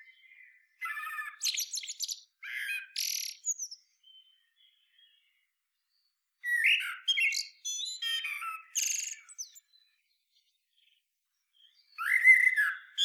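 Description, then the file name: Eurasian blackbird with fluting, melodious phrases ending in scratchy high-pitched twitters, several phrases separated by silent pauses of a couple of seconds. "Turdus merula"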